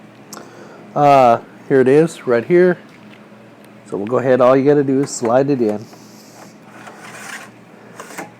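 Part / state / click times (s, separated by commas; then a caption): power supply module into server power bay / not seated / none. A hot-swap 675-watt power supply module is handled and about to be slid into its power bay in an IBM X3650 rack server while someone talks, with faint rustling and brief handling ticks around 0.3 s and 8.0 s. The clip ends before the module goes home; nothing has seated or clicked yet.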